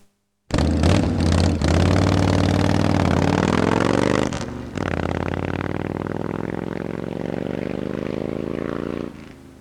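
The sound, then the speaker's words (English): A loud motorbike engine revs twice, its buzzing drone climbing steadily in pitch each time, with a brief dip between the two pulls and no voices. “Number seven is motorbike.”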